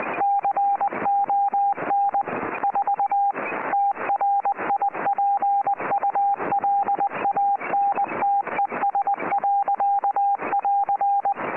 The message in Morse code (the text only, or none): CON 4 TRIPULANTES.<AR>